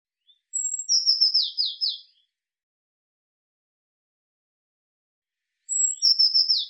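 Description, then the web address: Eurasian blue tit call, a thin whistle then a string of buzzy descending notes, repeated after a long silent gap. "cianscape birddata Deverinetal 2025 File cleaned normalized Bird Cy Ca"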